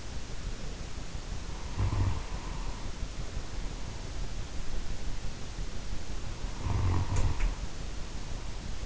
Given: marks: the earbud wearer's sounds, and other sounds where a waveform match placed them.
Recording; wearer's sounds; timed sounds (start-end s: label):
sounds in sleep by an in-ear microphone; snoring breath
1.49-4.30 s: snoring breath
6.30-8.85 s: snoring breath